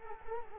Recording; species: mosquito wingbeat signal from an infrared sensor; Culex quinquefasciatus